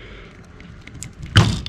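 The activator plunger on the bottom of a 2K urethane aerosol paint can, used to paint the wheels of a 2011 Q7 TDI, is pressed in to pierce the inner hardener can. A few faint ticks come first, then a loud, sharp hit at 1.4 s marks the plunger clicking home, followed by a smaller tick. The plunger is seated and the can is activated.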